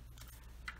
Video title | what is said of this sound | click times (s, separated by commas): Punch Down Tool Kit | down and it locks in place isn't going to come out so | 0.7 s